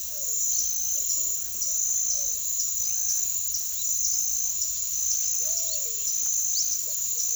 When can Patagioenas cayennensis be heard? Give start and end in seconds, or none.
5.35-7.35